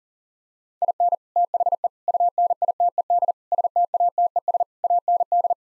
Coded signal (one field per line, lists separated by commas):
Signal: Morse code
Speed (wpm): 37 wpm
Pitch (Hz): 700 Hz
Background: none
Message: IN THE UNITED STATES AND